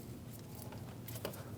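A plastic headlight wiring connector is handled and lined up with its light socket on the bumper of a 2016-2025 Chevrolet Malibu 1.5L L4 before being pushed in. Only soft handling rustles and faint light ticks sound over a steady low background. Nothing has seated or clicked yet.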